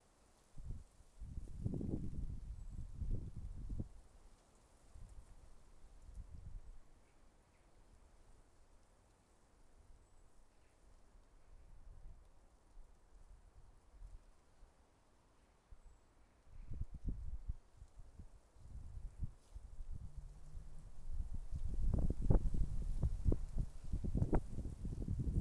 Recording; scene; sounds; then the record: everyday scene through a hearing-aid microphone; wind on the microphone; wind, traffic, birds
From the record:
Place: suburban garden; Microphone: behind the ear, left, rear